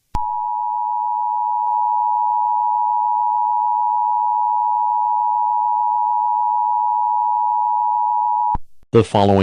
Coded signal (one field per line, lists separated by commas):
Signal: Emergency Alert System (SAME) tones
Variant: 853 and 960 Hz attention tone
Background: speech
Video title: EAS Scenario #47: Deadly California School Shooting of 2022